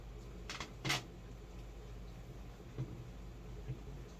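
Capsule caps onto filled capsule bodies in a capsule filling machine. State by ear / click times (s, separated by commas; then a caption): seated / 0.5 s. The top plate of a manual capsule filling machine is pressed gently down so the capsule caps snap onto the powder-filled capsule bodies, with a click at 0.5 s. A louder, sharper snap follows just before 1.0 s and fainter taps come near 2.8 s and 3.7 s over a steady low hum. The caps seat properly, and the press feels and sounds right.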